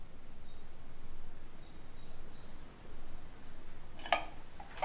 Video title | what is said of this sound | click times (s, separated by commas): Tuto#03 - Comment installer un ventilateur de plafond KlassFan Modulo avec option kit lumière ? | entends un clic quand l'encoche de la rotule s'enclenche dans la platine | 4.1 s